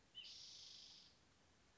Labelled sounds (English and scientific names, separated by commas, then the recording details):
Spotted Towhee (Pipilo maculatus)
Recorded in Sonoma County, California